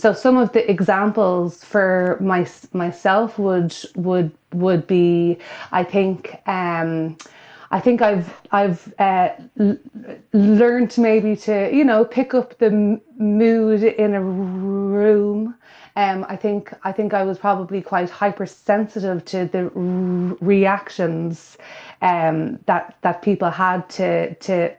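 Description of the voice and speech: Adult woman with a lifelong stammer speaking. Stuttering, with whole-word repetitions, part-word repetitions and blocks, alongside prolonged sounds and filled pauses.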